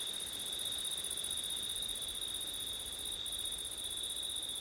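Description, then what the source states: Steady cricket song, a thin unbroken trill and a higher band that drops out briefly, over gentle low noise. Crickets recorded on a September night with wind.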